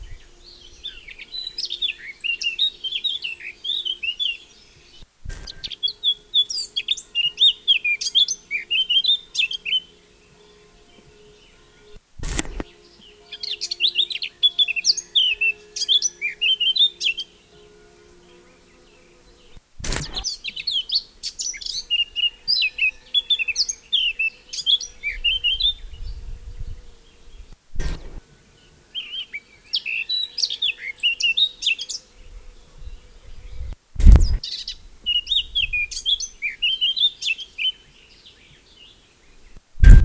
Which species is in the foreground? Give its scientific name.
Sylvia atricapilla